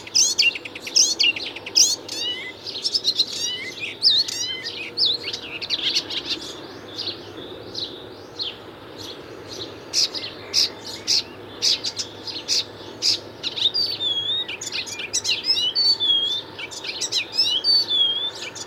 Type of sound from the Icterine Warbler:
song